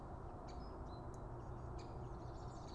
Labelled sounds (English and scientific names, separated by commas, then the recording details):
Great Spotted Woodpecker (Dendrocopos major)
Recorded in Germany
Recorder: ecoPi